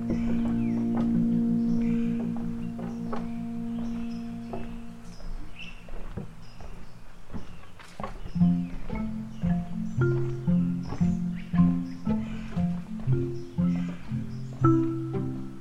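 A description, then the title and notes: Swamp sanctuary ambience: a steady low droning chorus, likely frogs or insects, with scattered chirps and clicks and pulsing calls after eight seconds. The Corkscrew Swamp Sanctuary boardwalk leads visitors through a gentle and pristine wetland wilderness.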